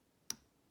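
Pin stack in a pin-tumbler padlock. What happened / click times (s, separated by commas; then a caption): Lock pin sets with a click / 0.3 s. Pin one in the pin-tumbler stack of an American 1100 padlock is lifted under very light tension, while picking from front to back, until it sets at the shear line. A single sharp, bright click at 0.3 s rises well above the quiet background and fades within a few hundredths of a second. The pin seats with that click.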